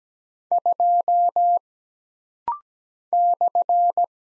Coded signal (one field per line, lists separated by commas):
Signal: Morse code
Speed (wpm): 17 wpm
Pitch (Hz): 700 Hz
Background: none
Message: 2 /